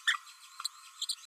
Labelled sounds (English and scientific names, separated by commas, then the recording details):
Green-rumped Parrotlet (Forpus passerinus) babbling
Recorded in a nest box in Venezuela
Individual 18B12A3